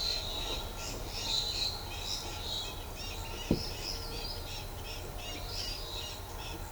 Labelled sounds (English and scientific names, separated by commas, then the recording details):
Yellow-crowned Amazon (Amazona ochrocephala)
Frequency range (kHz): Yellow-crowned Amazon (Amazona ochrocephala) 1.9-8.7 kHz
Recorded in shrubland near Pivijay, Magdalena, Colombia, on 17 April 2023 at 12:30
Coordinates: 10.453, -74.365
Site P5-G022